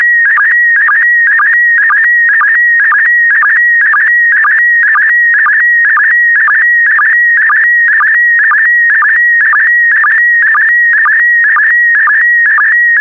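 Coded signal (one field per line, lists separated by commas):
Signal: SSTV (slow-scan television)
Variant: PD120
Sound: warbling whistle-like tone with a steady rhythmic low blip about twice a second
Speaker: the next image transmission will start in 10 seconds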